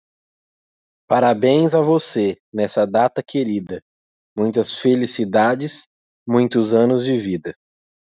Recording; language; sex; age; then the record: short text; Brazilian Portuguese; male; 20 to 29 years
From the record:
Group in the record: control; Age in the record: 28 years